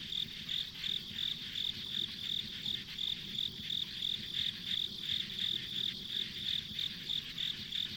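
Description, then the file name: Insect chorus with a bright high chirp pulsing roughly three times per second, layered on continuous high buzzing and a faint low rumble. Ambient insect sounds recorded on a country road. "田舎道の虫の環境音"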